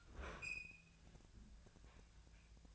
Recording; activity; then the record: daily activity, microphone in the room; open fridge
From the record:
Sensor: 2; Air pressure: 1009.6 hPa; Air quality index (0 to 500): 182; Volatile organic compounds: 11 ppm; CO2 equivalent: 2265 ppm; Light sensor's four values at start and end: 27/65/28/31 and 27/65/28/31